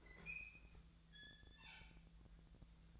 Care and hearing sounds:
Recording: daily activity, microphone in the room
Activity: open fridge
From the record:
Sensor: 3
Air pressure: 1009.7 hPa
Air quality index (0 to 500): 192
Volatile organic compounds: 15 ppm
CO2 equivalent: 2492 ppm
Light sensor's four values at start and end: 38/94/40/43 and 38/94/40/43

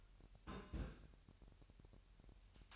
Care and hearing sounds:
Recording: daily activity, microphone in the room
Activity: place on stove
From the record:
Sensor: 2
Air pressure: 1001.8 hPa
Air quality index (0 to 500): 240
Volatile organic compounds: 31 ppm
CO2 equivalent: 2986 ppm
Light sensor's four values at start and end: 5/11/4/5 and 5/11/4/5

